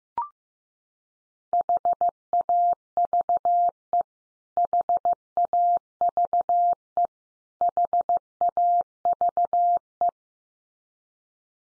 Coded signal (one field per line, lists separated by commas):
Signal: Morse code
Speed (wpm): 15 wpm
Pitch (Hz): 700 Hz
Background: none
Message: HAVE HAVE HAVE